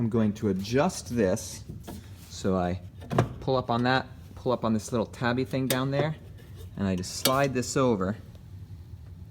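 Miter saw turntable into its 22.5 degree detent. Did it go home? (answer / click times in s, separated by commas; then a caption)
no / none. Someone talks while lifting the release tab on a miter saw and sliding the turntable over toward its 22.5 degree detent, with faint handling noise under the speech. The clip ends before the turntable reaches the detent, so nothing has seated or clicked yet.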